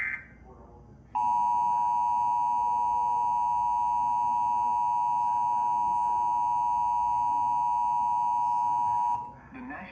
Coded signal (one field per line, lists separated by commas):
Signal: Emergency Alert System (SAME) tones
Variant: 853 and 960 Hz attention tone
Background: speech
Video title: EAS Flash Flood Warning on NJ PBS